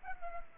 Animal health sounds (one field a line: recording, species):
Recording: mosquito wingbeat signal from an infrared sensor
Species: Culex pipiens